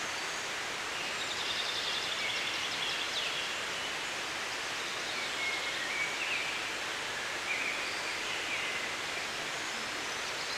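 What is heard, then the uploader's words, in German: Mountain forest ambience dominated by a steady, even rush, like a distant stream or wind through trees, bright and hissy with little low rumble. Faint, short bird chirps surface now and then, around three, six and eight seconds. Bergwald. Wir lauschen an einem Berg in den Wald und hören in der Ferne einen Wasserlauf.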